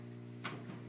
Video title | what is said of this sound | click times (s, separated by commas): Retrozone Collective Video 1 2 hrs SD 480p | and simply popped into place and and that's all there is to it | 0.5 s